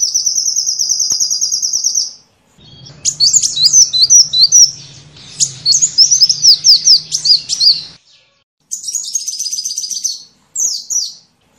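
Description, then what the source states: Sunbird song, a steady high trill followed by bursts of scratchy, jumbled twittering phrases separated by short pauses, with a low hum beneath. Sunbird in full song (gacor), with fill-in phrases (isian) copied from the cililin and the canary.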